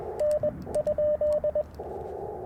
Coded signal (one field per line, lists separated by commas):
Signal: Morse code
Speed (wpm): 21 wpm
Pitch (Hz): 600 Hz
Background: radio noise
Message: N?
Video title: Morning Morse Code at Tuskegee National Forest K-4451 - 11/28/23